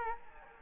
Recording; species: mosquito wingbeat signal from an infrared sensor; Anopheles gambiae